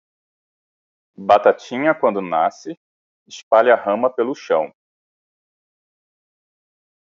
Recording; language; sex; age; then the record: short text; Brazilian Portuguese; male; 30 to 39 years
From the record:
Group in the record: control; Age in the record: 35 years